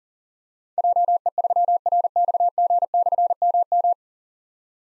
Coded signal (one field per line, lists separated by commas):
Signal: Morse code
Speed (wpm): 39 wpm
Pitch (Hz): 700 Hz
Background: none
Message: JE3RXG/MM